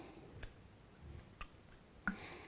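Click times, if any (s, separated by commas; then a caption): 2.1 s. A plastic contact sleeve is lined up by its groove and pressed down on a firm surface into a metal mountain bike pedal body. Sharp ticks come at about 0.4 s and 1.4 s, and the loudest, crispest snap lands at 2.1 s. The sleeve snaps into place there, and the contact sleeves are installed.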